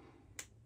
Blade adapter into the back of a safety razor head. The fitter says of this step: all right so that's both sides snapped in and then you can see how it looks here